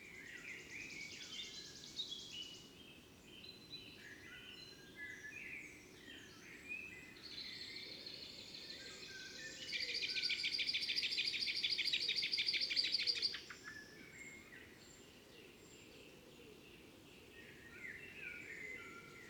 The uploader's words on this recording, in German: Der Morgen vor dem Fuchsbau. Anders als in der Lehmgrube wachen hier die Vögel zu unterschiedlichen Zeiten auf. Auch dies ist eine Kunstkopfaufnahme, die mit Kopfhörern deutlich eindrucksvoller klingt.